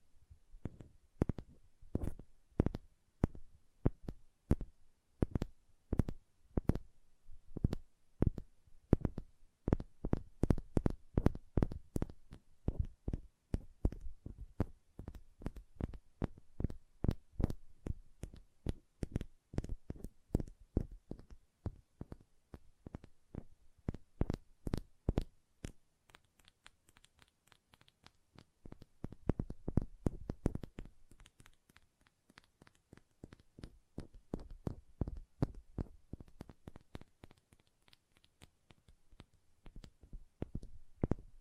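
Crisp nail tapping in quick, steady runs, each tap a sharp click with a soft low thump beneath it. The tapping is dense for the first twenty-five seconds, then turns sparser and quieter, swelling in short rhythmic bursts near thirty and thirty-five seconds.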